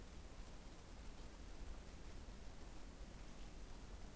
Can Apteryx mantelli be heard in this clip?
no